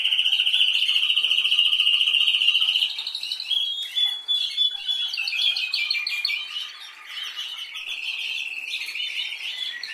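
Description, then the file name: Canary song opening with a loud, sustained rapid trill for about three seconds, then breaking into varied chirps, rattling bursts and a softer rolling trill. "Canary Voice"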